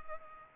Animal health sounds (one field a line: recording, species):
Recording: mosquito wingbeat signal from an infrared sensor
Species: Culex pipiens